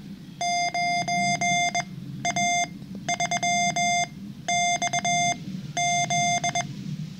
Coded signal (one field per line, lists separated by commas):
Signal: Morse code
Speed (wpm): 21 wpm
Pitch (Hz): 700 Hz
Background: none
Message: 9A3XZ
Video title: 9a3xz - cw gift for vk3hn 😃😀😁